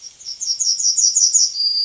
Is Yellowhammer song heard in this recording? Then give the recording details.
yes. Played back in forest. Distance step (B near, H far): B. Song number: 052